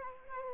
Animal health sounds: mosquito wingbeat signal from an infrared sensor; Culex quinquefasciatus

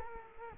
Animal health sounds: mosquito wingbeat signal from an infrared sensor; Culex quinquefasciatus

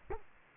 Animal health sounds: mosquito wingbeat signal from an infrared sensor; Culex quinquefasciatus

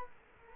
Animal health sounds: mosquito wingbeat signal from an infrared sensor; Culex quinquefasciatus

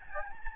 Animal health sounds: mosquito wingbeat signal from an infrared sensor; Aedes albopictus

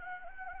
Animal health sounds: mosquito wingbeat signal from an infrared sensor; Anopheles gambiae

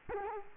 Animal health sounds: mosquito wingbeat signal from an infrared sensor; Culex quinquefasciatus

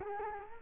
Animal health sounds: mosquito wingbeat signal from an infrared sensor; Culex quinquefasciatus

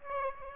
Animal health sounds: mosquito wingbeat signal from an infrared sensor; Aedes aegypti

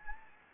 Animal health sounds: mosquito wingbeat signal from an infrared sensor; Anopheles gambiae

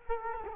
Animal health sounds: mosquito wingbeat signal from an infrared sensor; Culex quinquefasciatus

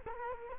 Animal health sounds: mosquito wingbeat signal from an infrared sensor; Culex quinquefasciatus

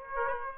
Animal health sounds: mosquito wingbeat signal from an infrared sensor; Aedes aegypti

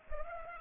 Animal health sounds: mosquito wingbeat signal from an infrared sensor; Culex pipiens

